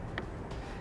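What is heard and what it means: A rotated plastic piece of a Rhino-Rack 2500 Series roof rack foot pack, part of a custom DK fit kit for a 2017 Chevrolet Malibu, is pressed back on with its arrow facing out. A sharp, short click at 0.2 s rises above a low steady background as the piece snaps back on and seats.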